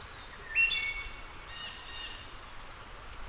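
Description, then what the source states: Wood thrush song: a few soft low notes, then clear fluty tones that break into a high, buzzy trill, with steady background hiss. A returning wood thrush singing.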